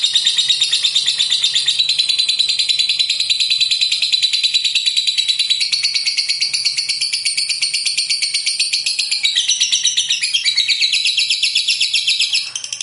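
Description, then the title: Lovebird song, a continuous fast, high, buzzy chatter held at a steady pace for the whole stretch, with brief rising and falling flourishes near the end. "Suara Lovebird"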